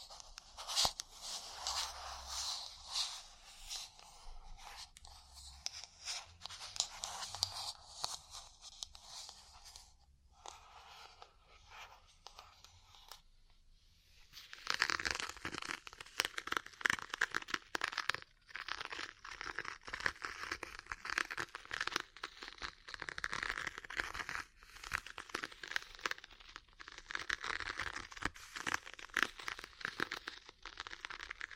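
Dense crinkly rubbing and scratchy crackling from ear cleaning and massage run nearly throughout, with quick tapping clicks scattered in. A brief quieter lull comes around thirteen seconds, then the rustling returns fuller and brighter, with a soft low thumping early on.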